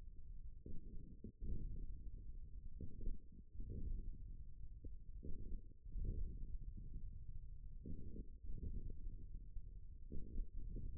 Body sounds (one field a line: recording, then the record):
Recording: forearm muscle sounds (acoustic myography)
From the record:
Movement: wrist flexion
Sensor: system 1, eight BSWA MPA416 microphones around the upper forearm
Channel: 7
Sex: male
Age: 41 years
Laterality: right